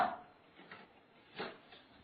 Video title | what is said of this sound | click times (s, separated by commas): Máy Ép Trái Cây Siêu Cấp Cao Cấp Nhất Hurom Tốc Độ Thấp | they cut it clicks in at the bottom | 0.7 s